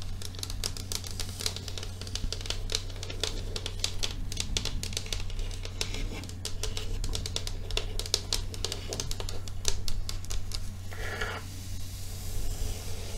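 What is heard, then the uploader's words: Fingers tap and scratch on a pink table in quick, uneven bursts of sharp clicks, thickest in the first ten seconds. A softer scraping swell comes near eleven seconds. A steady low hum runs underneath throughout. ASMR INVISIBLE TRIGGER WORDS TAPPING & SCRATCHING PINK TABLE.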